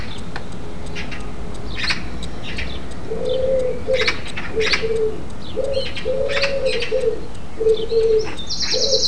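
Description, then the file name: Pigeon giving low, soft coos in a steady run, with harsh, clicking chatter throughout. Pigeon joining in, recorded alongside magpies. "Wren joined by pigeon and magpies"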